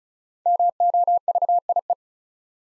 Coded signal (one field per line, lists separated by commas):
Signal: Morse code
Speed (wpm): 36 wpm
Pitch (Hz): 700 Hz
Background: none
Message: MOVIE